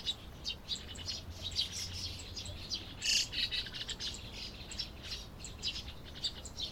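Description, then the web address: White-cheeked starling chattering with thin, scratchy chirps, with a louder cluster of calls near the middle. Wild bird. "yacho koe mukudori"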